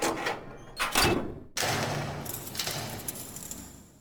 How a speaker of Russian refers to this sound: «Ты посиди здесь, а мы пока подумаем», — сказал солдат и, захлопнув дверь, закрыл ее на засов.